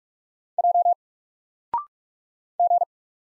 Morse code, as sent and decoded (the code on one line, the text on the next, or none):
.--- / --.
J G